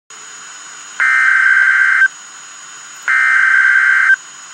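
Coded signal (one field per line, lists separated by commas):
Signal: Emergency Alert System (SAME) tones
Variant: header bursts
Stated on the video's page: Real tornado warning.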